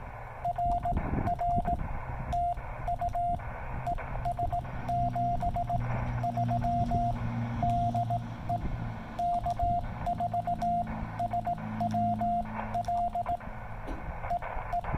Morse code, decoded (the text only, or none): RR TU ES 73 DE K4SWL EE